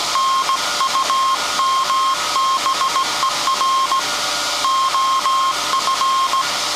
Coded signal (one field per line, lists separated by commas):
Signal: Morse code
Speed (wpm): 17 wpm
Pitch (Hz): 1070 Hz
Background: none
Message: NUMBER OF